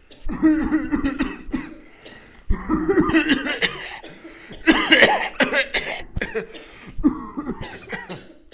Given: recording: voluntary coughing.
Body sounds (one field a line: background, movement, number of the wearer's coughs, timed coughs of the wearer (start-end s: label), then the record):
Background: a bystander coughing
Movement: sitting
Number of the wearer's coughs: 18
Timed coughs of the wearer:
0.29-0.64 s: cough
0.64-0.90 s: cough
0.90-1.18 s: cough
1.18-1.46 s: cough
1.46-1.85 s: cough
2.51-2.72 s: cough
2.72-2.99 s: cough
2.99-3.27 s: cough
3.27-3.62 s: cough
3.62-4.07 s: cough
4.65-5.01 s: cough
5.01-5.37 s: cough
5.37-5.71 s: cough
5.71-6.12 s: cough
6.19-6.53 s: cough
7.02-7.45 s: cough
7.45-7.85 s: cough
7.85-8.37 s: cough
From the record:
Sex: male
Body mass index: 21.0 kg/m2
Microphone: on the chest, facing the body